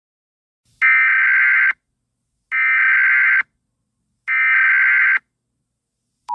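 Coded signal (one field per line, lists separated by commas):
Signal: Emergency Alert System (SAME) tones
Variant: header bursts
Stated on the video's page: Fictional EAS scenario, not a real alert.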